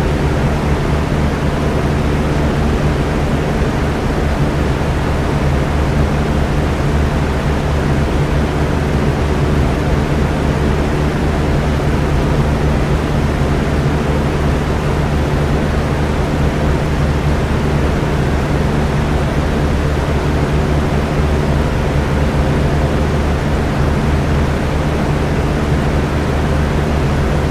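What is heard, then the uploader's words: A strong box fan runs without a break, giving a dense, steady rush of air that never changes in level. Its sound sits heavy in the low end, with a constant motor hum beneath the whoosh and a softer hiss on top. Nothing else is heard. White Noise from a Strong Box Fan.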